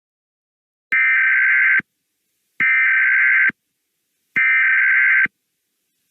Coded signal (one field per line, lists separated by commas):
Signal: Emergency Alert System (SAME) tones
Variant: header bursts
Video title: EAS Scenario - Literal Fire Storm: REMASTERED